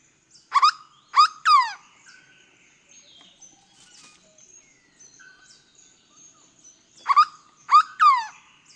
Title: LuckyPassaro Completos2Sama. Hooded Berryeater (Carpornis cucullata)